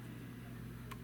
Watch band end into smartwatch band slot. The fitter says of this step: it in like that lock into place